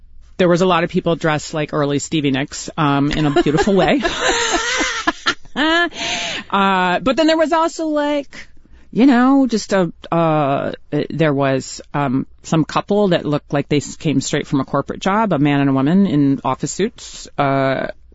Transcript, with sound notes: There was a lot of people dressed like early Stevie Nicks, in a beautiful way.
(LAUGHTER)
But then there was also, like, you know, just a - there was some couple that looked like they came straight from a corporate job, a man and a woman in office suits,